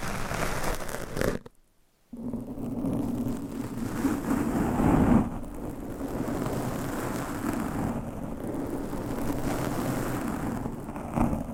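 Scratching, tapping and brushing on a microphone cover make a dense, rough rustle that runs almost throughout, with a low hum beneath. Near the two-second mark the sound cuts out to near silence for about half a second, then resumes with brief louder scrapes around five seconds and at the end.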